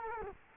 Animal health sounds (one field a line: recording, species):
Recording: mosquito wingbeat signal from an infrared sensor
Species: Culex quinquefasciatus